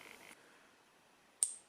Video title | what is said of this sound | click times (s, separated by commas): Relays, Switches & Electric Windows | I just push that in there make a click ah | 1.4 s